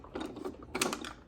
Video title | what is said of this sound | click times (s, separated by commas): How to set up, charge and use the Bubot 300P Robotic Pool Cleaner | and they should snap right in I'm going to have to use a little bit more power I think let me | none